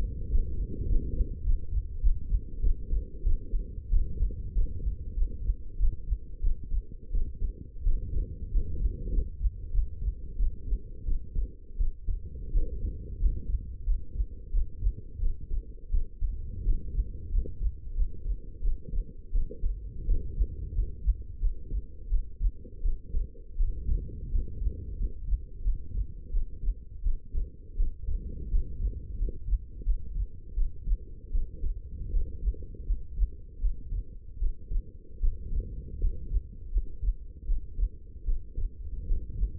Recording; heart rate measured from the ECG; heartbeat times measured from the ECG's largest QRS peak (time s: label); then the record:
heart sounds by stethoscope; 87 bpm
0.29 s: heartbeat
0.87 s: heartbeat
1.44 s: heartbeat
2.01 s: heartbeat
2.61 s: heartbeat
3.23 s: heartbeat
3.90 s: heartbeat
4.53 s: heartbeat
5.15 s: heartbeat
5.77 s: heartbeat
6.41 s: heartbeat
7.11 s: heartbeat
7.83 s: heartbeat
8.50 s: heartbeat
9.11 s: heartbeat
9.72 s: heartbeat
10.37 s: heartbeat
11.05 s: heartbeat
11.77 s: heartbeat
12.51 s: heartbeat
13.19 s: heartbeat
13.85 s: heartbeat
14.51 s: heartbeat
15.19 s: heartbeat
15.90 s: heartbeat
16.64 s: heartbeat
17.30 s: heartbeat
17.94 s: heartbeat
18.61 s: heartbeat
19.31 s: heartbeat
20.05 s: heartbeat
20.73 s: heartbeat
21.39 s: heartbeat
22.08 s: heartbeat
22.82 s: heartbeat
23.56 s: heartbeat
24.30 s: heartbeat
24.97 s: heartbeat
25.63 s: heartbeat
26.31 s: heartbeat
27.02 s: heartbeat
27.76 s: heartbeat
28.49 s: heartbeat
29.17 s: heartbeat
29.84 s: heartbeat
30.54 s: heartbeat
31.31 s: heartbeat
32.11 s: heartbeat
32.86 s: heartbeat
33.60 s: heartbeat
34.38 s: heartbeat
35.20 s: heartbeat
35.99 s: heartbeat
36.71 s: heartbeat
37.45 s: heartbeat
38.25 s: heartbeat
39.06 s: heartbeat
From the record:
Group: healthy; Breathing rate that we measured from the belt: 15 breaths a minute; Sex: female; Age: 19 years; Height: 163 cm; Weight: 51 kg